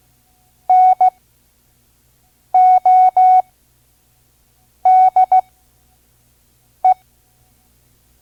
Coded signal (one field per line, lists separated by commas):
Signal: Morse code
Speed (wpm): 16 wpm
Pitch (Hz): 740 Hz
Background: none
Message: NODE